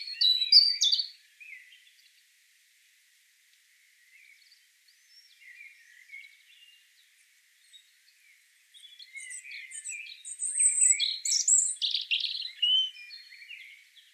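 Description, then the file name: European robin song, starting with a brief bright phrase, then faint scattered notes, then a long jumbled run of high whistles and trills in the second half. "Erithacus rubecula"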